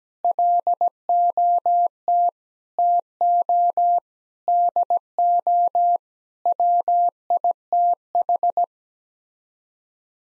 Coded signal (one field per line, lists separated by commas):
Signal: Morse code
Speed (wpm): 17 wpm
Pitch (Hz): 700 Hz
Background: none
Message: LOT TO DO WITH